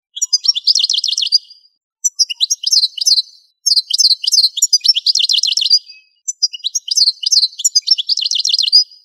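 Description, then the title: Bird song in high, rapid chirping phrases of trilled notes, given in bursts separated by short pauses. "LuckyPassaros CompletosSama"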